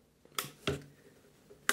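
A second DDR3 memory stick is pressed into the other DIMM slot on a Mini-ITX motherboard for a Haswell i3 build. Sharp clicks are heard at 0.4, 0.7 and 1.7 seconds as the slot clips lock. The memory module is seated.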